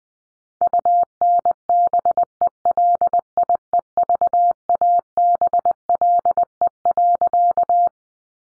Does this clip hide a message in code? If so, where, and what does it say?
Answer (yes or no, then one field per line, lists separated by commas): yes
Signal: Morse code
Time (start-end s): 0.6-7.9 s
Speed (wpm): 20 wpm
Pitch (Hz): 700 Hz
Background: none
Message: UNBELIEVABLE.